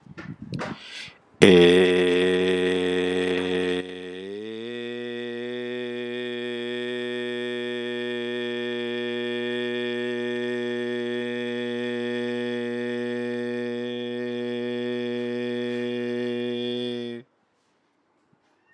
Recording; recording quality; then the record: sustained vowel as in made; moderate, slight background noise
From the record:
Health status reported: healthy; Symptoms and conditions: hypertension, diabetes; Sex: male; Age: 65 years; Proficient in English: yes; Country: India